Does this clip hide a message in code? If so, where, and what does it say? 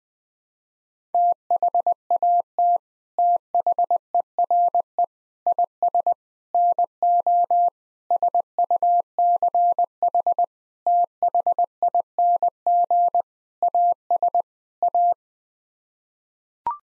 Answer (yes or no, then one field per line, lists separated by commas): yes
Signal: Morse code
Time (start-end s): 1.1-15.1 s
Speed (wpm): 20 wpm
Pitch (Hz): 700 Hz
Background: none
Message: THAT THERE IS NO SUCH THING AS A